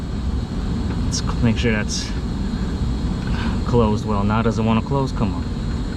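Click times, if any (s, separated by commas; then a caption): none. A cover latch on the board enclosure of an LG Multi V HVAC unit is being worked closed in a cramped spot inside the unit. It resists while someone talks over a steady low background hum. Nothing has seated or clicked yet when the clip ends.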